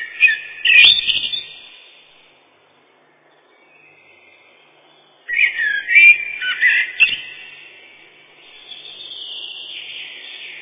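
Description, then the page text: Common blackbird singing a brief fluted phrase, then after a pause a longer warbled phrase ending in a thin drawn-out note. Song described as mournful fluted whistles. "Черный дрозд — Turdus merula"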